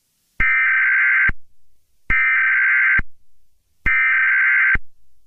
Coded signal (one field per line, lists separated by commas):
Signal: Emergency Alert System (SAME) tones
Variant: header bursts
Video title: A mini EAS scenario - Break in.